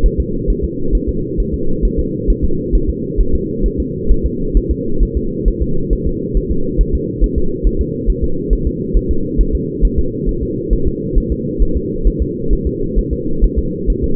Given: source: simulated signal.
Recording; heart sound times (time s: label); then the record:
fetal heart sounds
0.06 s: S1
0.20 s: S2
0.50 s: S1
0.64 s: S2
0.95 s: S1
1.09 s: S2
1.40 s: S1
1.54 s: S2
1.85 s: S1
1.99 s: S2
2.30 s: S1
2.44 s: S2
2.75 s: S1
2.90 s: S2
3.20 s: S1
3.35 s: S2
3.66 s: S1
3.80 s: S2
4.11 s: S1
4.26 s: S2
4.57 s: S1
4.71 s: S2
5.03 s: S1
5.17 s: S2
5.48 s: S1
5.62 s: S2
5.93 s: S1
6.07 s: S2
6.37 s: S1
6.51 s: S2
6.81 s: S1
6.95 s: S2
7.24 s: S1
7.38 s: S2
7.67 s: S1
7.81 s: S2
8.10 s: S1
8.24 s: S2
8.53 s: S1
8.67 s: S2
8.97 s: S1
9.11 s: S2
9.41 s: S1
9.55 s: S2
9.85 s: S1
9.99 s: S2
10.29 s: S1
10.43 s: S2
10.73 s: S1
10.88 s: S2
11.18 s: S1
11.32 s: S2
11.62 s: S1
11.77 s: S2
12.07 s: S1
12.22 s: S2
12.53 s: S1
12.67 s: S2
12.99 s: S1
13.13 s: S2
13.44 s: S1
13.59 s: S2
13.90 s: S1
14.04 s: S2
From the record:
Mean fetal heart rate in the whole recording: 135 bpm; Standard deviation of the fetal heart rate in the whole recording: 3 bpm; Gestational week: 36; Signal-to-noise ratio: -8.1 dB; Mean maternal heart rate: 72 bpm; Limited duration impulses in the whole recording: absent